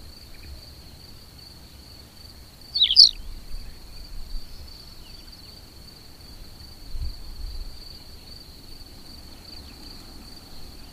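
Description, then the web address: Tawny pipit giving one brief, sharp call, with a steady high tone and soft low rumble throughout. "agykontroll Madardalok Cd 2. Parlagi pityer"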